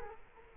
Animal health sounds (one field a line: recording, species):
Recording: mosquito wingbeat signal from an infrared sensor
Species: Culex quinquefasciatus